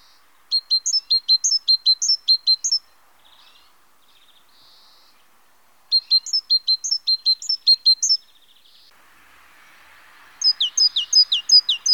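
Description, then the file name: Great tit song, three bursts of ringing two-note phrases repeated quickly, with short quiet gaps and a faint rustle near the end. "Mesange charbonniere"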